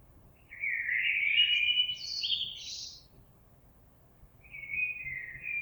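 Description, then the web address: Common blackbird sings a warbled phrase that breaks into high, scratchy twitters, then starts another low fluty phrase. On 26 April 2022. "oiseaux Merle 2022 04 26"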